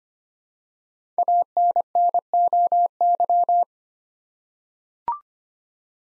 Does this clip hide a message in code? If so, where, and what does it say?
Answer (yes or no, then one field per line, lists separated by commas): yes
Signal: Morse code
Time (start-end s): 1.2-3.6 s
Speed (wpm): 25 wpm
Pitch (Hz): 700 Hz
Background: none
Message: ANNOY